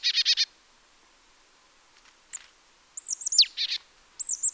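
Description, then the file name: Marsh tit calls: a quick burst of four sharp high chirps, then scattered thin notes and downslurred whistled chips, with silence between. "Poecile palustris"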